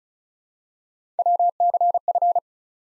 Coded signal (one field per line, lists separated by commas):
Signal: Morse code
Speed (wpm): 36 wpm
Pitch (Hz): 700 Hz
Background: none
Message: WCF